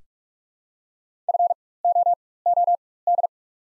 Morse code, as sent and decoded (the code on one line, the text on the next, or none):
..-. --- --- -..
FOOD